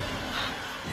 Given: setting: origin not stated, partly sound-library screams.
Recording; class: one-second piece from a danger detection set; woman in danger